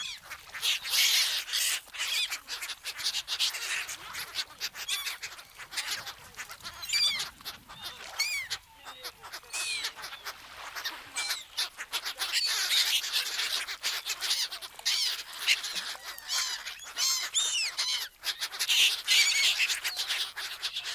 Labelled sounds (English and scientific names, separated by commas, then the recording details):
Black-headed Gull (Chroicocephalus ridibundus) call
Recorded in the wild
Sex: group
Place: Kölpinsee, Insel Usedom, Mecklenburg-Vorpommern, DE
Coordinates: 54.035, 14.0311
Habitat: Baltic Sea, beach
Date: 1983-09-17 18:08
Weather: gusty south-westerly winds
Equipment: Nagra SN, Sennheiser MKH 416 T, Kopie Uher 4000 Report Monitor
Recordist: Tembrock, Günter